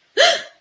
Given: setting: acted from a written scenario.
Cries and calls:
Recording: vocal sound without words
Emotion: fear

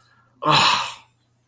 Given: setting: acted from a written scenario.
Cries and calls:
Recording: vocal sound without words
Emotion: distress

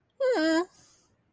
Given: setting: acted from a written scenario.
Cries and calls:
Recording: vocal sound without words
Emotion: neutral

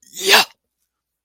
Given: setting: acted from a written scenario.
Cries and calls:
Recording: vocal sound without words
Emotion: triumph

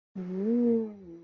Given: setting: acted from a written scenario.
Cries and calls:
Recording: vocal sound without words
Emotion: contentment

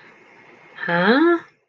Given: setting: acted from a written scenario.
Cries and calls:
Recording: vocal sound without words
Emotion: confusion

